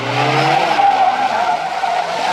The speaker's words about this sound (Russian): резко меняет направление движения. Машина задним ходом едет за ним.